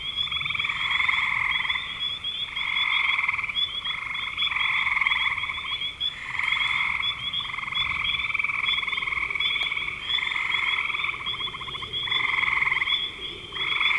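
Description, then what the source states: Frogs in a chorus of overlapping pulsed trills in repeated bursts, with a constant high-pitched whine throughout. Recorded in spring 2025.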